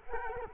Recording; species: mosquito wingbeat signal from an infrared sensor; Culex quinquefasciatus